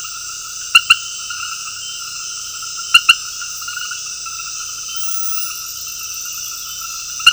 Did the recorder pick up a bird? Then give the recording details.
no. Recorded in secondary vegetation near Puerto Asís, Putumayo, Colombia, on 19 February 2024 at 22:30. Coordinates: 0.481, -76.323. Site G6376